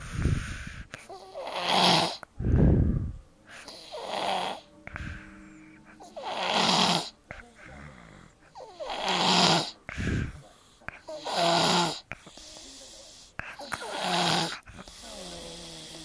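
Loud, rough snoring with snorting, congested breaths recurring every few seconds, from a sleeper with a bunged-up, blocked nose.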